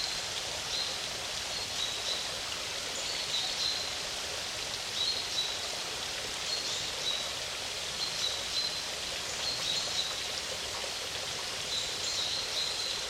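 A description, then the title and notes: Steady running water hisses, dense and bright, with small high bird chirps flickering faintly every second or so throughout. Recorded by Luís Antero. Nature sounds in a natural classified area in central Portugal. Water, birds.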